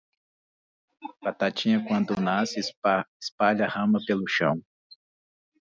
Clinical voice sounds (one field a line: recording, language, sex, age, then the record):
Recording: short text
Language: Brazilian Portuguese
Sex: male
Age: 40 to 49 years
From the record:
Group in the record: control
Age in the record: 43 years